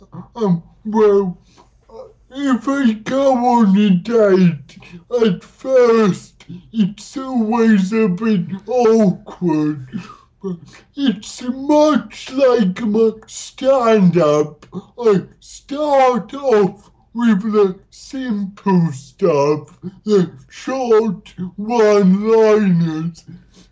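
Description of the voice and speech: Slow, deliberate speech in short phrases from an adult male with cerebral palsy and dysarthria, with stretched vowels and consonants and frequent long pauses. Words stay mostly intelligible. This fits mild dysarthria linked to cerebral palsy.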